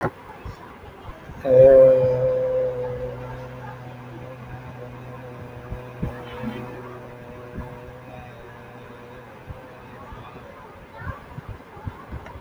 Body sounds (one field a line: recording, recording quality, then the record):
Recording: sustained vowel as in made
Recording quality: excellent, no background noise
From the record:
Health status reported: healthy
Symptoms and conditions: none ticked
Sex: male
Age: 43 years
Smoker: not ticked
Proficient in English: yes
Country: India